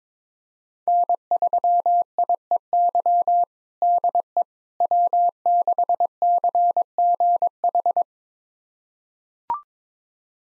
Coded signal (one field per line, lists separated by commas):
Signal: Morse code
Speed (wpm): 22 wpm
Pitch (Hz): 700 Hz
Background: none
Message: N3IEY DE W6CGH